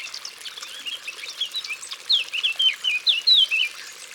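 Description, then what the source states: Eurasian blackcap song, soft chattering warble building into a series of loud, clear fluty notes that rise and fall, repeated several times in quick succession. Recorded in Ardèche.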